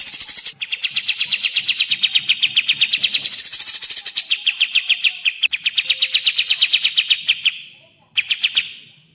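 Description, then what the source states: Grey-cheeked bulbul song, a long run of rapid, evenly pulsed chattering notes at high pitch, briefly pausing near the end before a short final burst. Tutor recording (masteran) used for training captive songbirds.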